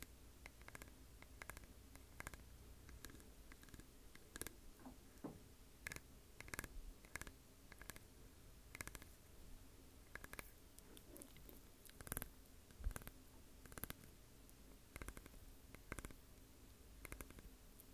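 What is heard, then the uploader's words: Teeth tapping together in sharp little clicks, some in quick clusters and others spaced out more slowly across the whole stretch. The taps are bright and brief, with a faint low hum and soft hiss running steadily underneath. Teeth Tapping FAST & SLOW.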